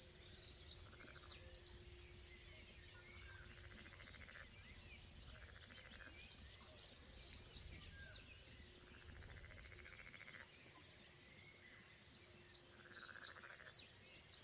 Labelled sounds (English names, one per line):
Great Bittern